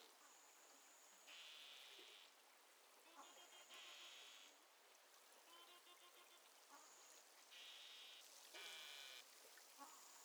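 Beluga whistles and buzzy pulsed calls: thin high steady whistles alternate with harsh buzzing bursts and scattered clicks.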